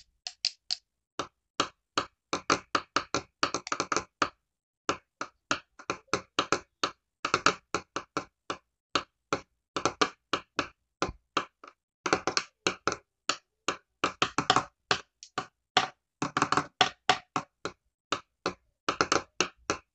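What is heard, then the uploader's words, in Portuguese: A pen is tapped against a table over and over, each hit a short, sharp click. The taps come in quick uneven bursts and short runs, sometimes dense, sometimes with brief pauses, continuing for the whole twenty seconds with silence between strikes. Batidas de caneta na mesa.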